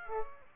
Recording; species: mosquito wingbeat signal from an infrared sensor; Aedes aegypti